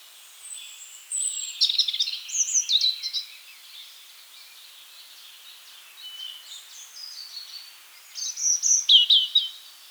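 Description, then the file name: European robin song, varied high warbling phrases of thin whistles and trills, delivered in bursts with a quieter gap midway. "Erithacus rubecula"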